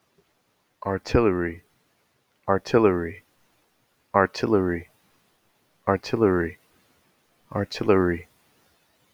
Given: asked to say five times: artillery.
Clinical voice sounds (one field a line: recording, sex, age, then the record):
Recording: repeated word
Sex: male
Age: 50 to 59 years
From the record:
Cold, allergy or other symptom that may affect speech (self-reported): no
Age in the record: 52 years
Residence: Massachusetts, United States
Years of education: 12